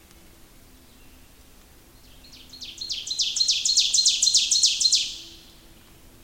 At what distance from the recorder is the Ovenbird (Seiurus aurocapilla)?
about 10 m